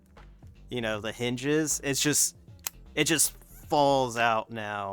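A hinged takedown part of a freshly cleaned and lubricated firearm is handled at its frame; after lubing, the part falls out freely. Someone talks over music, with a few faint ticks near 0.1 and 0.4–0.5 seconds. The part has not yet gone back into the frame, and nothing has seated or clicked yet.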